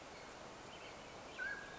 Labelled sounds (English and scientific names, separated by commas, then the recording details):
Mountain Quail (Oreortyx pictus)
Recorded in Sonoma County, California